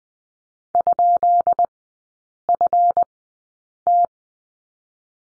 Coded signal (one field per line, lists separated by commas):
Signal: Morse code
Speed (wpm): 20 wpm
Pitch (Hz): 700 Hz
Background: none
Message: ?FT